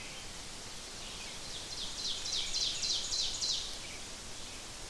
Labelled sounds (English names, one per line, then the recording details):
Ovenbird song
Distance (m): 50 m
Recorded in boreal forest in Alberta, Canada, on 5 June 2016 at 05:41
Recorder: SongMeter 3, array SBT-3-51
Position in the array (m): 271 m, 119 m
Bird 28